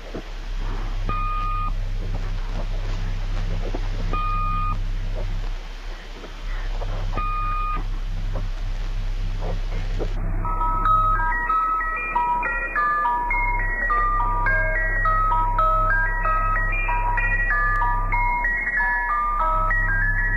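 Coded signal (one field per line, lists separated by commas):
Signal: numbers station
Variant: Swedish Rhapsody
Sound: static hiss with a few short beeps, then a tinkling stepped music-box melody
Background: radio static, low hum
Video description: The numbers station featured in this is called The Swedish Rhapsody.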